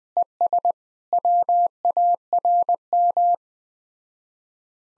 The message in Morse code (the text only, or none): ES WARM